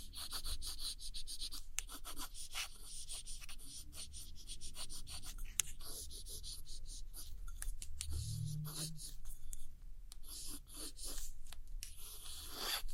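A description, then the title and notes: Soft scratchy tracing and light tapping on old postcards continue throughout, a steady dense patter of small dry clicks and hissy strokes. Brief low hums rise underneath now and then, most noticeably around eight seconds, while the bright scratching stays constant. Tracing And Gentle Scratchy Tapping On Old Postcards.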